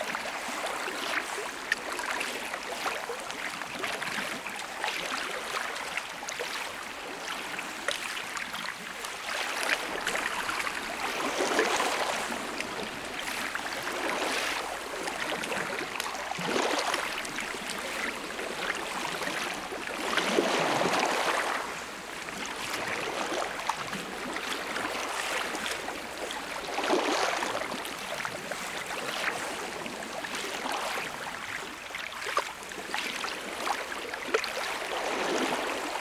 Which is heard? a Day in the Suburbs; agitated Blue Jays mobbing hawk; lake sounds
lake sounds